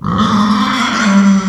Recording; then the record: squeal of a Yucatan mini pig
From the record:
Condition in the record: after surgery on the right vocal fold (resection and tissue-engineered implant); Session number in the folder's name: 15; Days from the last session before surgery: 175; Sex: female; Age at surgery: 19 weeks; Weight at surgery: 25 kg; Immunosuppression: prednisolone